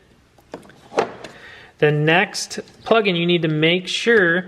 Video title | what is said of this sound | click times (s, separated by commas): How To Swap MK2 1.8t - The First Start - Pt 9 | if you didn't hear this snap into place make sure you take it apart and snap it in | 1.0 s